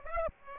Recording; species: mosquito wingbeat signal from an infrared sensor; Aedes aegypti